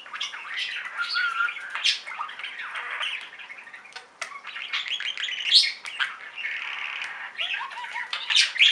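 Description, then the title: Budgerigar warbling chatter, continuous and rambling, mixing squeaky whistles, clicks and scratchy notes with little pause. "Budgie Sounds"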